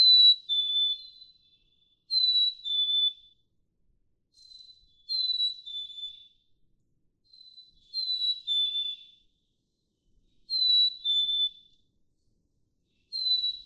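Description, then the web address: Black-capped chickadee song: a long series of whistled two-note phrases, high then slightly lower, repeated every two to three seconds, with softer whistles in between. "birdsongforthecurious songs Black-capped Chickadee"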